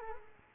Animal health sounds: mosquito wingbeat signal from an infrared sensor; Culex quinquefasciatus

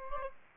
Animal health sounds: mosquito wingbeat signal from an infrared sensor; Aedes aegypti

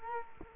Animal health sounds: mosquito wingbeat signal from an infrared sensor; Culex quinquefasciatus

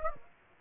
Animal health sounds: mosquito wingbeat signal from an infrared sensor; Aedes aegypti

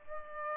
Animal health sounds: mosquito wingbeat signal from an infrared sensor; Culex pipiens

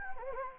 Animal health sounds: mosquito wingbeat signal from an infrared sensor; Anopheles gambiae

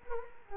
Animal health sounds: mosquito wingbeat signal from an infrared sensor; Culex quinquefasciatus

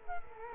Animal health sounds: mosquito wingbeat signal from an infrared sensor; Culex quinquefasciatus

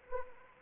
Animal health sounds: mosquito wingbeat signal from an infrared sensor; Anopheles arabiensis

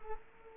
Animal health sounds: mosquito wingbeat signal from an infrared sensor; Culex quinquefasciatus

